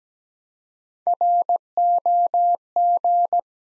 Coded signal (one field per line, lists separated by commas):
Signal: Morse code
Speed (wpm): 17 wpm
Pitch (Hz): 700 Hz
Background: none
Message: ROG